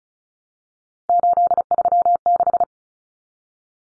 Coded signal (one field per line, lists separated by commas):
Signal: Morse code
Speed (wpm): 34 wpm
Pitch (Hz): 700 Hz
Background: none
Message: 836